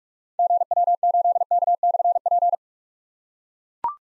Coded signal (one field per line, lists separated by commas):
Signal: Morse code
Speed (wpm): 44 wpm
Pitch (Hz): 700 Hz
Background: none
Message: GW8K/P